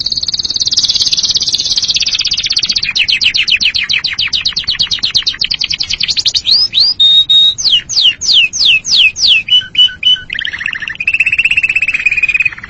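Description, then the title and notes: Canary song: a long high trill, then repeated sweeping notes slowing into separate whistled slurs, finishing with a lower buzzy trill. "Suara Burung Kenari"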